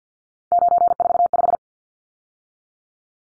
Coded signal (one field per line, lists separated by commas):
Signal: Morse code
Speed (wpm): 50 wpm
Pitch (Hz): 700 Hz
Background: none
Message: 945